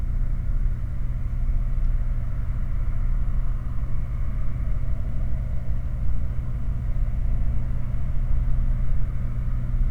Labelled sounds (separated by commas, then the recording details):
machinery, flare stack
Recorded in the Prudhoe Bay oil fields, Alaska, on 4 August 2019 at 21:57
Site 29